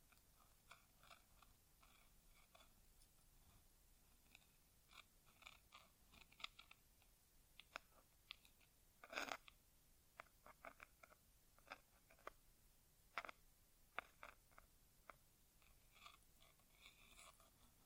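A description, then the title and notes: An ASMR ear exam without talking: a run of soft, crisp ticks, taps and rustles sounding every fraction of a second, scattered irregularly through the clip. A sharper, louder scrape stands out near nine seconds, with a few bright clicks around thirteen to fourteen seconds over a quiet hiss. ASMR Inner Ear Exam (No Talking).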